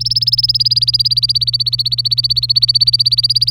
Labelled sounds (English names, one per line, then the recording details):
Domestic Canary song
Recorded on 26 April 2018 at 14:55
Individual llb3